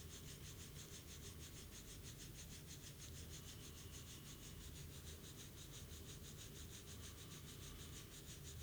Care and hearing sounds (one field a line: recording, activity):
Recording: daily activity, guitar pickup as the sensor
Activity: brush teeth